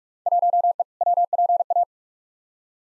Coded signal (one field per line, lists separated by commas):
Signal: Morse code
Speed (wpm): 42 wpm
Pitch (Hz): 700 Hz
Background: none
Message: 1E WPA